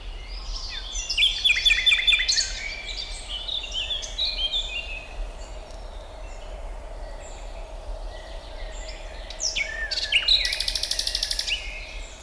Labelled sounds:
Common Nightingale (Luscinia megarhynchos)
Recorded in the wild
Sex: male
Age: adult
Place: Bucher Wald, Berlin, DE
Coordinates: 52.65, 13.48
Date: 1995-06-05 12:49
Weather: sonnig, 18°C
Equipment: Sony WM-D6C, Sennheiser ME 80, Kopie Uher 4000 Report Monitor
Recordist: Tembrock, Günter

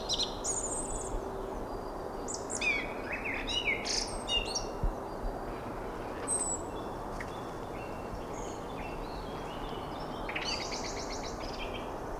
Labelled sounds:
Song Thrush (Turdus philomelos) song
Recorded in the wild
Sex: male
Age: adult
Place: Marloffstein, NGS "Wildnis am Rathsberg", Bayern, DE
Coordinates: 49.6186, 11.0261
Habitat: carr
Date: 1962-05-04
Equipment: Stellavox SM 5, Original, Vollspur, AKG D19/200
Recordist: Tretzel, Erwin

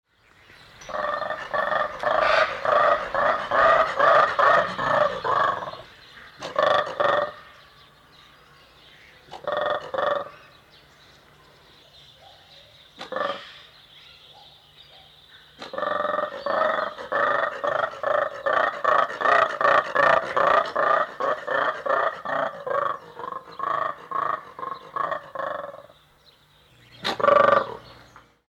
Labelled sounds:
Mantled Guereza (Colobus guereza)
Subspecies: caudatus
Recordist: Tembrock, Günter
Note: Männchen: Lautfolgen

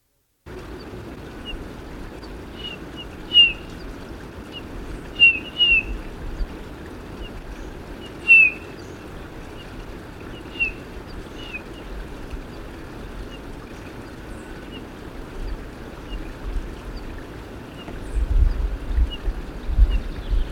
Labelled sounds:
Eurasian Bullfinch (Pyrrhula pyrrhula) call
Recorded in the wild
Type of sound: call
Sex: Männchen
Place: Sapareva Banya, Rila-Gebirge, Sofia, BG
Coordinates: 42.29, 23.269
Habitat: Montains
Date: 1974-05-21
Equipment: Nagra III BH, Sennheiser MD 21, parabola
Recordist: Schubert, Michael
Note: Lockruf Gimpel - Männchen

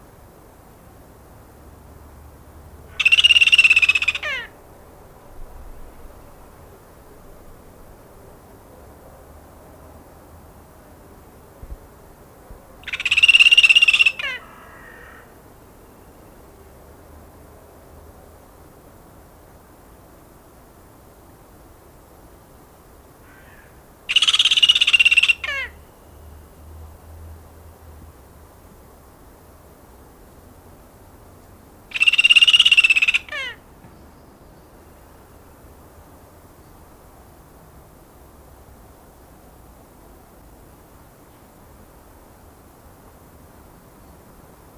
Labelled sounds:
Kea (Nestor notabilis) call
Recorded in captivity
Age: adult
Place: Zoo Berlin, Berlin, DE
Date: 2001-11-28 13:59
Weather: bedeckt, 5°C
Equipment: Marantz CP 130, Sennheiser MKH 416, Kopie Uher 4000 Report Monitor
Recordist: Tembrock, Günter

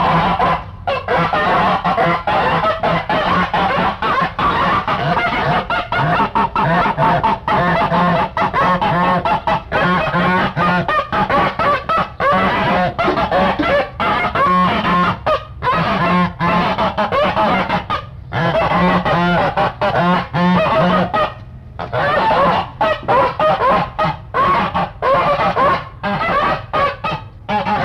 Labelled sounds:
Greylag Goose (Anser anser) call
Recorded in captivity
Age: adult
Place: Kirchheim am Neckar, Baden-Württemberg, DE
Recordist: Faber, Albrecht

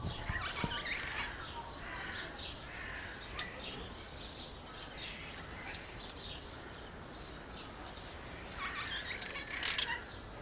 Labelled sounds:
Crested Oropendola (Psarocolius decumanus)
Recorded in captivity
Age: adult
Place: Zoo Berlin, Berlin, DE
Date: 1998-03-21 10:57
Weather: fair, ca. 0°C
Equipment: Nagra SN, Kopie Uher 4000 Report Monitor
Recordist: Tembrock, Günter

